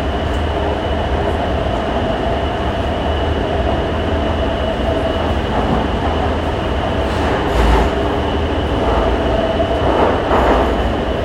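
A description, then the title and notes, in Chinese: A metro ride heard from inside the carriage: a steady, dense rumble of wheels and motor with a thin whine held high above it. Brief louder surges of rattling come around the eighth and tenth seconds, then the ride settles back. 從台北車站搭捷運上班。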